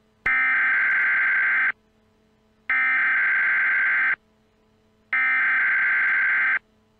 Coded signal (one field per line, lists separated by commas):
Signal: Emergency Alert System (SAME) tones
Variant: header bursts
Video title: EAS Scenario: The Eruption of Mount St. Helens 2018